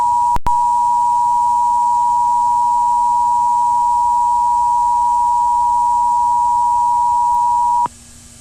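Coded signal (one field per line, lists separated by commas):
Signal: Emergency Alert System (SAME) tones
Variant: 853 and 960 Hz attention tone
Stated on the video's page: Mock, hypothetical EAS storm warning for Loving County, Texas.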